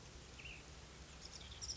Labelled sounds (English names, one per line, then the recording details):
Ash-throated Flycatcher
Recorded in Sonoma County, California